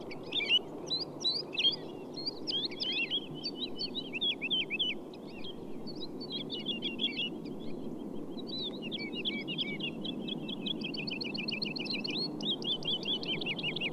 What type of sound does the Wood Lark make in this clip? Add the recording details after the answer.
flight song. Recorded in the wild. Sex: pair. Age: adult. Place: Schönow, Naturpark Barnim, Brandenburg, DE. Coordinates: 52.69, 13.5136. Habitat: heath. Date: 2005-03-31. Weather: clear, -2°C, weak wind. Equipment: Tascam DA-P1, Telinga Pro 5. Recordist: Frommolt, Karl-Heinz. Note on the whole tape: Naturschutzgebiet Schönower Heide, 500 m nördlich des Aussichtspunktes: 2 Tiere mit Fluggesang. Teilweise gute Aufnahme